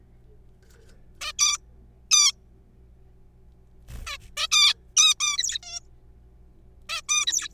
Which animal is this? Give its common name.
Zebra Finch